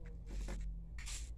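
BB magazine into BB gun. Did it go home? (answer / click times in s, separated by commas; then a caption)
yes / 1.0 s. A 20-round BB magazine is pushed all the way into a BB gun, with scraping and sliding friction noise from about 0.3 to 0.65 s. A sharp click at 1.0 s marks the magazine seating home, followed by a brief bright rattle.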